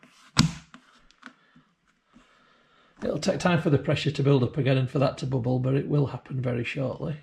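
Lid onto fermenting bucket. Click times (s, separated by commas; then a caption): 0.4 s. A lid is pressed back onto a plastic fermenting bucket after CO2 has been released, snapping into place with a sharp click at 0.4 s. A few faint taps follow during a quiet stretch, and then someone talks from about 3 seconds onward.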